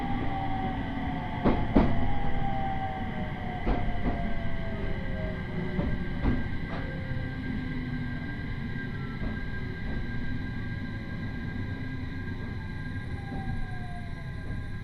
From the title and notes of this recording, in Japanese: 耳で楽しむ鉄道旅 羽越本線 羽後本荘→秋田。今度は桂根駅を通過する列車なので１つ停車駅が少なくなります。羽後本荘で沢山乗車しているので車内が混雑しています。